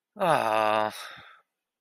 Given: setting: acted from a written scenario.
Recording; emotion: vocal sound without words; sympathy